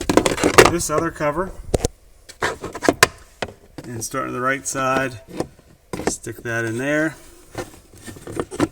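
On a 2024 Toyota Tacoma, the plastic cabin air filter access cover is handled and hooked in on the right side of the glove box housing while someone talks. Brief plastic taps and knocks are heard, with a sharp hit around 3.0 s. The cover has not yet been pushed in on the left, and nothing has snapped or seated yet.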